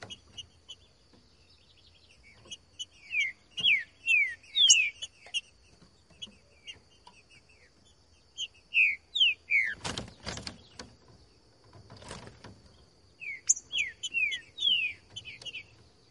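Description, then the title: Green-winged Saltator: three bursts of downslurred whistled notes with pauses between, plus a couple of sharp clattering knocks midway. Sung in the bush; recording meant to prompt a trinca-ferro to sing; song style called 'voz 10'. "Canto De Trinca Ferro Voz 10. TRINCA FERRO CANTANDO NO MATO. ESQUENTAR TRINCA FERRO"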